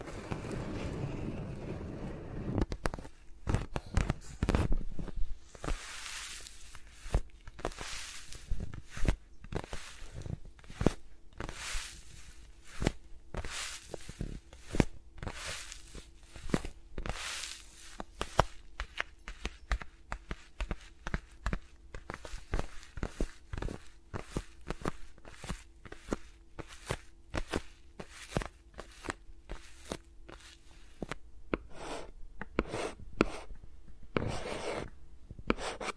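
Close-up finger sounds rub and tap right against the microphones, making dense, irregular clicks and brushes that carry on through the whole stretch with no talking. A soft low hum sits underneath, and a few sharper, brighter taps stand out near the end.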